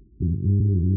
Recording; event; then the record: neck accelerometer signal played as sound; no cough (speech, laughter, throat clearing or background)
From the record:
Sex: male